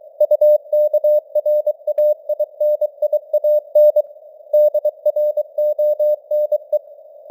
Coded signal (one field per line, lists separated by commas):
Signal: Morse code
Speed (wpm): 23 wpm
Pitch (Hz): 600 Hz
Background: none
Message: UKRAINIAN DRONE